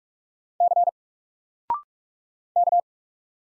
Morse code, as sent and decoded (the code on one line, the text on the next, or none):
-.-. / -.-
C K